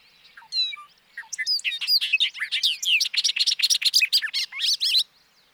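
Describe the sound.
Bobolink song, opening with a few separate whistled notes and then breaking into a fast, bubbling cascade of metallic, warbled notes lasting several seconds.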